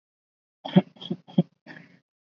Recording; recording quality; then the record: shallow voluntary cough; excellent, no background noise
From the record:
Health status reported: respiratory illness, not identified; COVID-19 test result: not tested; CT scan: not taken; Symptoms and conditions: fever, fatigue, muscle pain, diarrhoea, asthma, hypertension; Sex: male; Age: 42 years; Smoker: yes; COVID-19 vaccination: both doses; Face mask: worn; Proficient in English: yes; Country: India